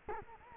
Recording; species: mosquito wingbeat signal from an infrared sensor; Culex quinquefasciatus